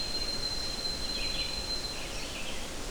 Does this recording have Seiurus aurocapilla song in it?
no